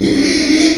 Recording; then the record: squeal of a Yucatan mini pig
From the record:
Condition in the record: after surgery on the right vocal fold (resection and tissue-engineered implant); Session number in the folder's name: 2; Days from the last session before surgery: 13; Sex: male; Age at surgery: 12 weeks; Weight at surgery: 13 kg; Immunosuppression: cyclosporine, prednisolone